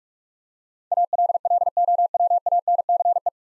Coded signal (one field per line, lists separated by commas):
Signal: Morse code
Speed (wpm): 46 wpm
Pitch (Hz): 700 Hz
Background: none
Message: ALLOWANCE